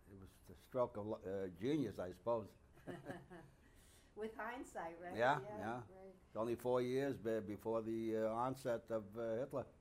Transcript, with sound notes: It was a stroke of lu.. genius, I suppose (he laughs)
(She laughs) With hindsight, right?
Yeah, yeah.
Yeah, right.
Only four years there before the onset of Hitler.